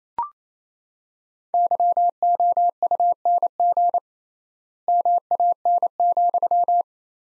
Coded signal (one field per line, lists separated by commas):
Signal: Morse code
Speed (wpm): 28 wpm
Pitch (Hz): 700 Hz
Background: none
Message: YOUNG MAN,